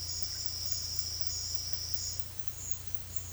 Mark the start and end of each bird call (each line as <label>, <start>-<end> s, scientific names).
Sclateria naevia, 0.00-2.25 s